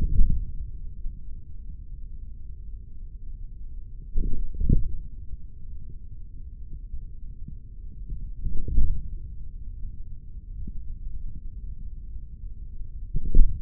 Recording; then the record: forearm muscle sounds (acoustic myography)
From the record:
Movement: hand closing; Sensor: system 3, bracelet of six PUI Audio POM-2738L microphones around the upper forearm, with dedicated amplification and filtering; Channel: 5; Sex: male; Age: 56 years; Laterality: right